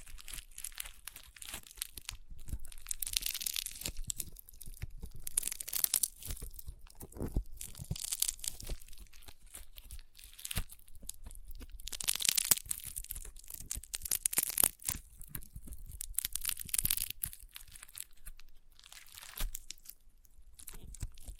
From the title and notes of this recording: ASMR Satisfying Crunchy Slime (No Talking).